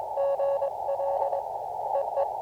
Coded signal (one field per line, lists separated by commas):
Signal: Morse code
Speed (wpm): 22 wpm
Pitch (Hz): 590 Hz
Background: radio noise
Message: GL EE